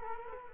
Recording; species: mosquito wingbeat signal from an infrared sensor; Culex quinquefasciatus